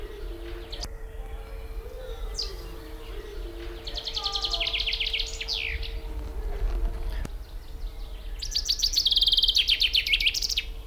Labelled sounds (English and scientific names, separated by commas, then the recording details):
Common Chaffinch (Fringilla coelebs) song
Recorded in the wild
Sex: male
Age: adult
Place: Schloß Dammsmühle, Brandenburg, DE
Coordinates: 52.69, 13.41
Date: 1995-05-01 16:17
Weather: heiter 14-15°C
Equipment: Marantz CP 430, Sennheiser ME 80, Kopie Uher 4000 Report Monitor
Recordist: Tembrock, Günter